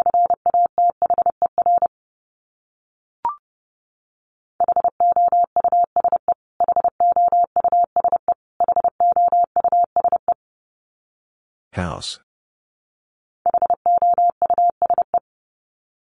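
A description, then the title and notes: A steady mid-pitched tone beeps Morse code in bursts of dots and dashes separated by pauses, with one brief harsh crackle near twelve seconds. Top 200 Words Repeated 30wpm. First, the word is sent three times in Morse code. Then it is spoken.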